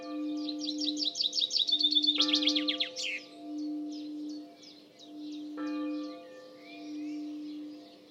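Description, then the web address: Bird song, a rapid run of high chirping notes building to a loud burst, then softer scattered twitters, with a steady low hum underneath. "Bird Only"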